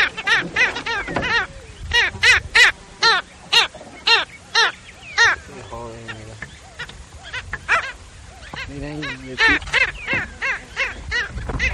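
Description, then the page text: Black skimmer giving a rapid series of nasal, barking notes, with a lower droning sound heard twice midway through. Brazil. "Black-Skimmer From Sounds of Brazil"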